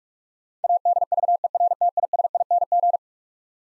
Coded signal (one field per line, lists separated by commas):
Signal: Morse code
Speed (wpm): 42 wpm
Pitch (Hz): 700 Hz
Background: none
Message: ADVERTISING